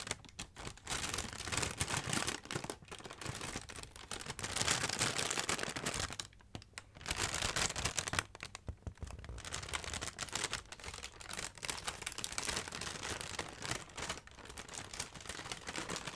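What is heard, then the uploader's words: Dense crinkling and rustling of plastic or paper, busy and uneven, with brief quiet gaps near six and eight seconds. Ear-To-Ear Crinkling Sounds.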